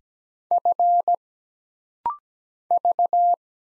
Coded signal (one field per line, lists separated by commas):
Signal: Morse code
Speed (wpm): 17 wpm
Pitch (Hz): 700 Hz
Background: none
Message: F V